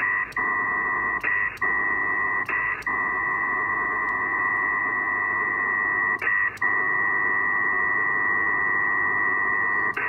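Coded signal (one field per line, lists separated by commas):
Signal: HF data modem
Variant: PACTOR 4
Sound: continuous wide hissy data roar with a few short breaks for acknowledgements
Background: radio static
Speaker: let's try it now [Applause] [Applause] a [Applause] bands are really bad today really bad I'm only at 600 BPS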